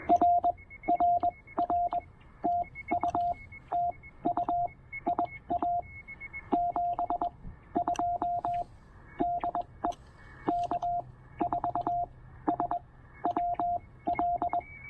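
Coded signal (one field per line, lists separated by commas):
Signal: Morse code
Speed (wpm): 20 wpm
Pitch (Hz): 700 Hz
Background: radio noise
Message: R RR TU TU IA 72 DE K4SWL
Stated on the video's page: POTA activation with Penntek TR-45L and Elecraft AX1 antenna, QRP, operated with a wide CW filter.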